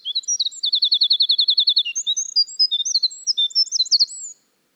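Winter wren song, a long, rapid, high tinkling cascade of trills and warbles, with a fast even trill early on, lasting over four seconds, then silence.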